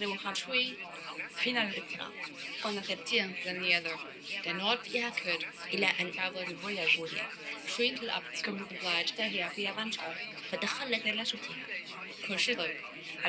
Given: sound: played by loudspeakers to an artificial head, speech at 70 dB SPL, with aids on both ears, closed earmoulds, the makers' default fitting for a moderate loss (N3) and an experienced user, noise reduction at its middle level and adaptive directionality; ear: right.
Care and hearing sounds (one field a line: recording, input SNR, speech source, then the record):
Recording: speech test signal (ISTS) in cocktail-party noise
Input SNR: 0 dB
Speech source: in front (0 degrees)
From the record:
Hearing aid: class 2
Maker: I